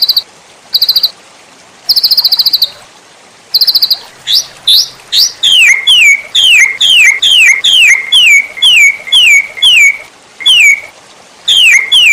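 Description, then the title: White-rumped shama song: short high buzzy trills, then a long steady series of downslurred whistles repeated about twice a second. Masteran training recording for cage birds, titled Labaik. "MURAI BATU LABAIK"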